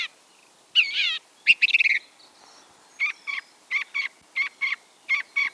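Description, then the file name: Song thrush song with scratchy rattled phrases followed by a short double note repeated several times. "bioakusztika enekesrigo"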